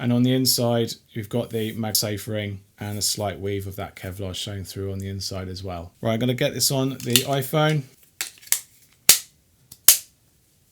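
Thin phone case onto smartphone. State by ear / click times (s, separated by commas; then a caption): seated / 9.1 s, 9.9 s. Someone talks, then a second thin Benks phone case, with a MagSafe ring and a slight Kevlar weave on the inside, is fitted onto an iPhone 17 Pro. A few lighter taps come first, then two loud, sharp snaps at 9.1 s and 9.9 s as the corners lock over the edges. The case is seated and snapped in place.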